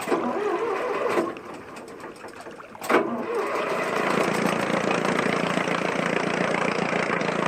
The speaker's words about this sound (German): Werfen Sie den Motor an. Aye, aye.